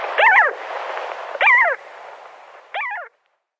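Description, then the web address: Arctic skua calls: three separate nasal wailing notes with sweeping harmonics, the first two loud and the last softer. Calls given at the nest. "Schulze Peter Arctic Skua"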